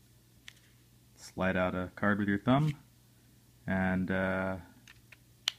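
Someone talks while handling a 3D printed plastic card holder, with a few faint clicks in the background. The hinged lid is closed with the fingers and snaps shut onto the card holder's body with a sharp, loud click at 5.5 s, and it stays shut.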